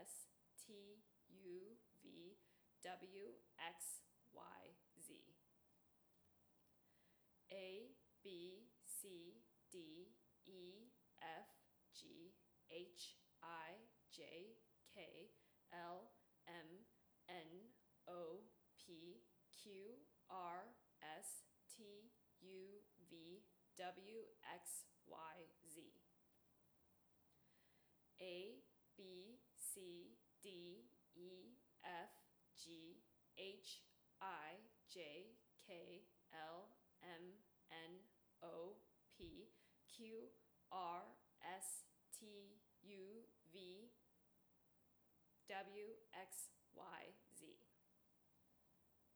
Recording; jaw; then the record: letters of the alphabet, spoken; free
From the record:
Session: seven days later